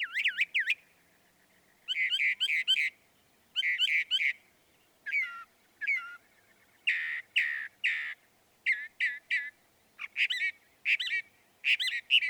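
Northern mockingbird song: varied phrases, each note type repeated two to four times, separated by short pauses, including looping whistles and harsher chatter.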